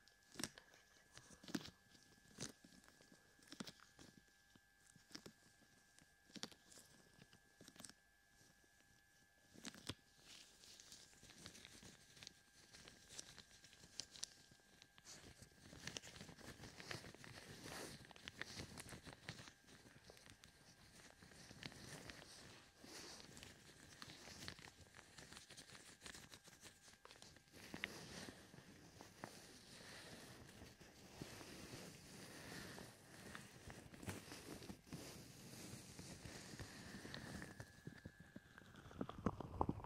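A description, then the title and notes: Gloved hands cup and rub over the ears, sparse muffled rustles thickening after ten seconds into dense scratchy crackling, with a faint steady tone throughout. ASMR Ear Cupping with Gloves.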